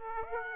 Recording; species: mosquito wingbeat signal from an infrared sensor; Aedes aegypti